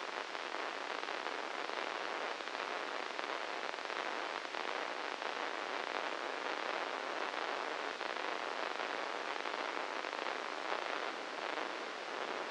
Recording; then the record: brain microelectrode recording played as sound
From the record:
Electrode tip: inside the subthalamic nucleus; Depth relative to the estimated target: 0 mm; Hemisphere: right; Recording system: NeuroSet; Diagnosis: Parkinson's disease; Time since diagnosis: 10 years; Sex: male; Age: 56 years